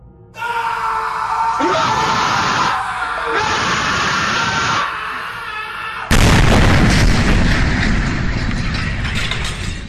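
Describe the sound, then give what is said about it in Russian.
Several seconds of shrill, wailing screams and strained cries from terrified passengers trapped in a bus, then a sudden loud explosion as overloaded equipment fails, cutting in with a dense, roaring rumble that swallows the voices and holds to the end. “и только звук взрыва смог похоронить в своих децибелах предсмертные крики.”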